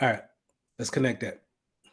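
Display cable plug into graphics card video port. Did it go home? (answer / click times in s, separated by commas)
no / none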